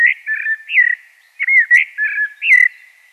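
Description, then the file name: Common blackbird singing soft, mellow whistled notes in two similar fluting phrases of slurred rising and falling notes. "Turdus merula"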